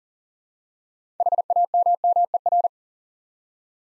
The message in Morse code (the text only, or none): HAMMER